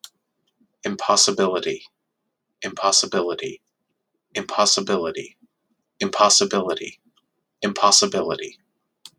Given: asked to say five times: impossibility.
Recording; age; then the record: repeated word; 30 to 39 years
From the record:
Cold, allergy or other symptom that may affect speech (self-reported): no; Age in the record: 39 years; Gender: other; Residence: Oregon, United States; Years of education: 14